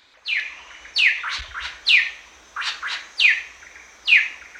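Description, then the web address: Greater racket-tailed drongo calling with a series of loud, downward-slurred notes, some single and some paired, repeated about once a second. Recorded at Danum on 1 January 2008. "DANUM 20080101. sound greater racket-tailed drongo"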